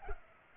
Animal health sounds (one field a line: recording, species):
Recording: mosquito wingbeat signal from an infrared sensor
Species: Culex pipiens